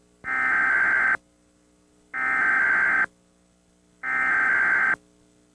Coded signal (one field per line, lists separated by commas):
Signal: Emergency Alert System (SAME) tones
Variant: header bursts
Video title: EAS tests from 10/13/1997